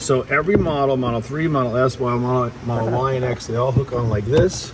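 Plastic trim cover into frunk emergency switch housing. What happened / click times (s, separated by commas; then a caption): Handled, not yet seated: no snap of the plastic cover is heard / none. A plastic trim cover is handled around the frunk emergency release light switch housing, which fits every Tesla Model 3, S, X and Y, where it hooks on and is meant to be pressed until the plastic pieces snap together. Someone talks throughout over a low steady background. Nothing has seated or clicked yet when the clip ends.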